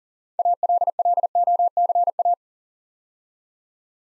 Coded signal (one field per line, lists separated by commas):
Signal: Morse code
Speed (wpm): 40 wpm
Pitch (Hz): 700 Hz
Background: none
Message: ALLOCA